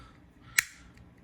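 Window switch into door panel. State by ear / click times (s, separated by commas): seated / 0.6 s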